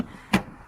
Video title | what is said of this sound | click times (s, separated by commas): Tein Hood Damper Install | then it snaps in place and that's good to go and then make sure you do the other side alright | 0.3 s